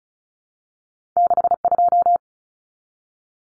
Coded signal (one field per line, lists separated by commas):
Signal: Morse code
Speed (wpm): 34 wpm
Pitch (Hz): 700 Hz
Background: none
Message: 62